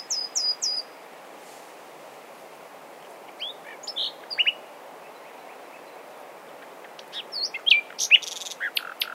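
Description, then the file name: Common nightingale song: short phrases of high whistled and sharp chirping notes separated by pauses, with a busier burst near the end. "Luscinia megarhynchos"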